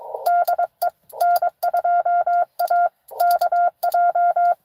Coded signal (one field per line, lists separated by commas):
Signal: Morse code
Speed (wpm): 22 wpm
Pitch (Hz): 700 Hz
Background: none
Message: DE N2AKJ